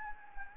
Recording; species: mosquito wingbeat signal from an infrared sensor; Anopheles gambiae